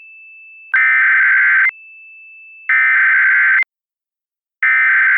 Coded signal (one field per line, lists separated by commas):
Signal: Emergency Alert System (SAME) tones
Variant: header bursts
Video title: PREVIEW: El Lobo Negro and the River - EAS Scenario/Audio Drama